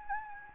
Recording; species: mosquito wingbeat signal from an infrared sensor; Anopheles gambiae